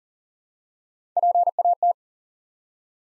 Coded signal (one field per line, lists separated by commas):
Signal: Morse code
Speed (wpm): 42 wpm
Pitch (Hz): 700 Hz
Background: none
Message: PAT